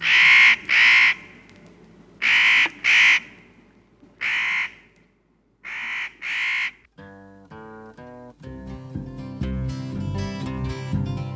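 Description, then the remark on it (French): A black bird caws loudly in harsh, raspy calls, mostly in pairs, about seven caws over several seconds, before a bright melodic music passage takes over. “Vite, vite, l'oiseau noir monte dans l'arbre.”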